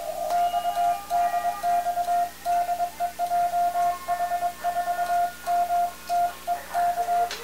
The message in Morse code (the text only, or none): XDXDEJH4MTEK